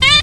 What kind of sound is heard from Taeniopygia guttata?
distance call